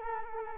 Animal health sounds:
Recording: mosquito wingbeat signal from an infrared sensor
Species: Culex quinquefasciatus

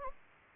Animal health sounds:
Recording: mosquito wingbeat signal from an infrared sensor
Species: Anopheles gambiae

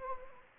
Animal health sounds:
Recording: mosquito wingbeat signal from an infrared sensor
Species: Anopheles gambiae

